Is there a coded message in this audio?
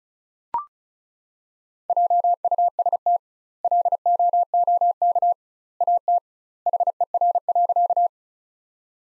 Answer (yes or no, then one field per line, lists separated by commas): yes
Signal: Morse code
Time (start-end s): 1.9-8.1 s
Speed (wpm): 36 wpm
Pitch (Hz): 700 Hz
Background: none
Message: JUST LOOK AT HER.